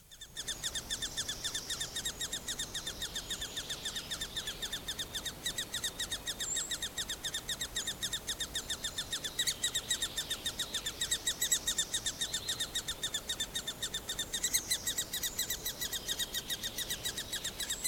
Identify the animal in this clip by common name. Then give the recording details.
Great Spotted Woodpecker. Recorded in the wild. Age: juvenile. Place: Mühlenbeck, Brandenburg, DE. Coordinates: 52.667, 13.37. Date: 1992-05-23 11:28. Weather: 23-24°C, böiger Wind. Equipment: Nagra SN, Mikrofon AKG CK 8, Kopie Tesla B 116. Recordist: Tembrock, Günter